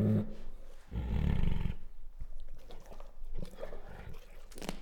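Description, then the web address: Bengal tiger making a short low grunt, then a harsh rumbling growl, with softer rough sounds after. Female Bengal tiger; chuffs, growls and whines. "Sound Ideas Tigers Sound Effects Female Bengal Tiger Chuffs, Growls and Whines"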